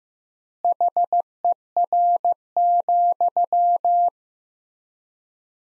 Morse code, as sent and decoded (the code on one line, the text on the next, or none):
.... . .-. --..--
HER,